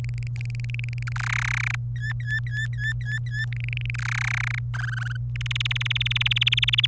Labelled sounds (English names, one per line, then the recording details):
Domestic Canary song
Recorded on 27 April 2018 at 14:41
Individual llb3